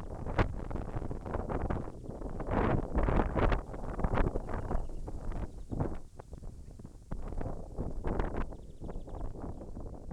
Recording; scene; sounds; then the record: everyday scene through a hearing-aid microphone; wind on the microphone; wind, birds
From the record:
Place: in front of a rural house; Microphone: behind the ear, left, front